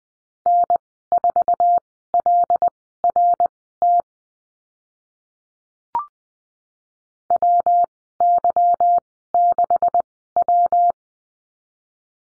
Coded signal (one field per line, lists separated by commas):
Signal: Morse code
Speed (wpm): 19 wpm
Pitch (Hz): 700 Hz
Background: none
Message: N4LRT WY6W